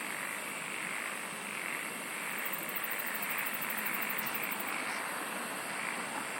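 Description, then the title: Insects in a thick steady chorus, with a fast high ticking trill running for about two seconds. "SINGING OF INSECTS"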